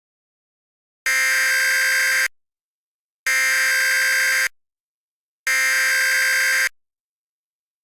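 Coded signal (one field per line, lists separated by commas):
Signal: Emergency Alert System (SAME) tones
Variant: header bursts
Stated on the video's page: Mock multi-part hybrid alert scenario set in a fictional film universe, simulated not real; audio may be unusually loud.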